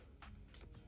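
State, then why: Not seated. A swappable plastic hand is handled against the wrist peg of a wrestling action figure, with music playing underneath. Brief handling noises are heard at about 0.2, 0.5 and 0.9 seconds. Nothing has seated or clicked yet.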